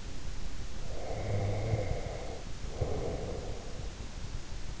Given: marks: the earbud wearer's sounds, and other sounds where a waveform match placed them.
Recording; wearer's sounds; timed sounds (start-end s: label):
sounds in sleep by an in-ear microphone; breath
0.93-3.92 s: breath